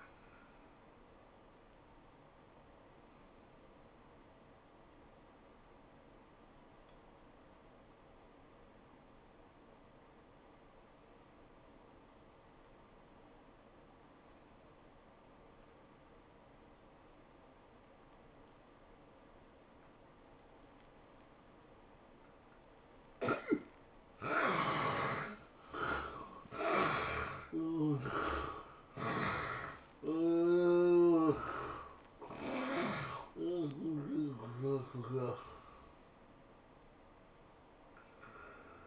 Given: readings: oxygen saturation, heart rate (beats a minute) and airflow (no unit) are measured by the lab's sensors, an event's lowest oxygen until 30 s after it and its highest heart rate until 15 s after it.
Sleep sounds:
breathing in sleep by a voice recorder at the bedside; 1
3.00-23.00 s: obstructive apnea (N1, oxygen 87% highest, then 73% lowest, heart rate 94 at the start, 110 highest)
From the record:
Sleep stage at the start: N1 (lightest sleep); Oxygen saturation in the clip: 70 to 89%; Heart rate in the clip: 79 to 110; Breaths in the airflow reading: 4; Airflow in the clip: -14.0 to 12.8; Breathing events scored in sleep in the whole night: 403 in 5.5 hours asleep

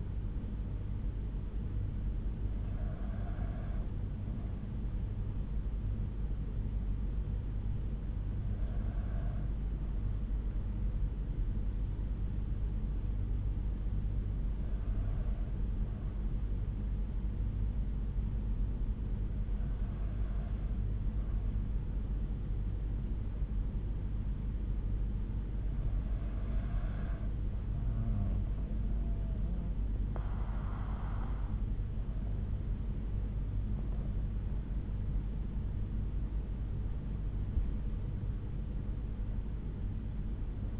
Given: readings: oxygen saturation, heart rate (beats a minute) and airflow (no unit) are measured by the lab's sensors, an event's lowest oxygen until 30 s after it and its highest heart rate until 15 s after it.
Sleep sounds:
breathing in sleep by a smartphone at the bedside; 1
10.00-36.40 s: hypopnea (N2, oxygen 96% highest, then 94% lowest, heart rate 58 at the start, 72 highest)
From the record:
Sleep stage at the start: N2 (light sleep); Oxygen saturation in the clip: 94 to 96%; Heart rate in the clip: 58 to 72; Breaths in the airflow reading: 7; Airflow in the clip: -6.8 to 6.7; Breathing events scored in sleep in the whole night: 368 in 8.0 hours asleep

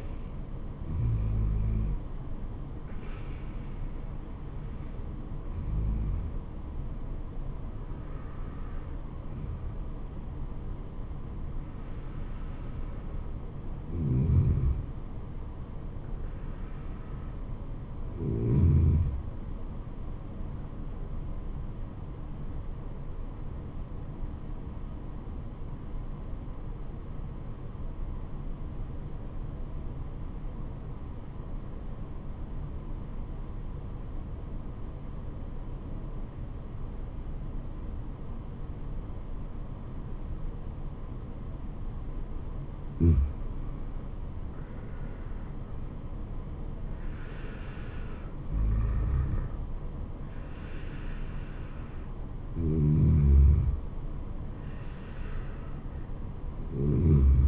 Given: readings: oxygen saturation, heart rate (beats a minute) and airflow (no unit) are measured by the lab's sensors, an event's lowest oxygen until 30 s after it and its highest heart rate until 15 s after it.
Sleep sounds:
breathing in sleep by a smartphone at the bedside; 1
8.00-57.48 s: new sleep stage, N2 (light sleep)
25.00-44.20 s: obstructive apnea (N2, oxygen 97% highest, then 86% lowest, heart rate 75 at the start, 77 highest)
From the record:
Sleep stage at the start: N1 (lightest sleep); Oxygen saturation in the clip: 86 to 97%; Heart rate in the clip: 69 to 80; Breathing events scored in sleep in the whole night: 426 in 7.4 hours asleep

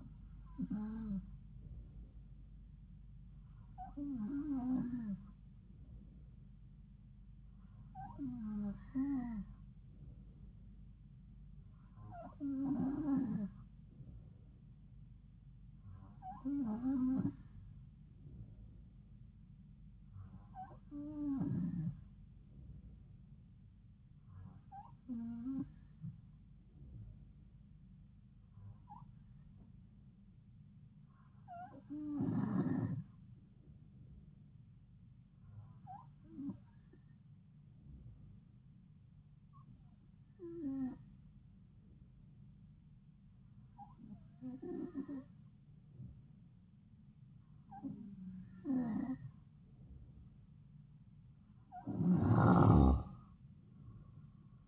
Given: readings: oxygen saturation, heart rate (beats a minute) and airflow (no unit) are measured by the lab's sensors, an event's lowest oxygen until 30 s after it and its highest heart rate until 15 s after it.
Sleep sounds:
breathing in sleep by a smartphone at the bedside; none
none scored
From the record:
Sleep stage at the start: N2 (light sleep); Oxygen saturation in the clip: 92 to 93%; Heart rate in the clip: 70 to 74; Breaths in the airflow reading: 14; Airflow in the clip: -3.6 to 4.1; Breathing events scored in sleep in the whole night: 270 in 6.1 hours asleep

